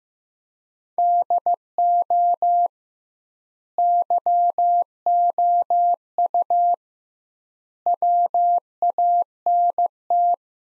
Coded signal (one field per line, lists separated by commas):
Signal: Morse code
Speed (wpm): 16 wpm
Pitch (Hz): 700 Hz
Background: none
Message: DO YOU WANT